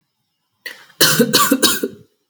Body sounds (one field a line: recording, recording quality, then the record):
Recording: heavy voluntary cough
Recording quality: excellent, no background noise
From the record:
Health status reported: healthy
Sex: male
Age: 23 years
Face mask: not worn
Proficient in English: yes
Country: India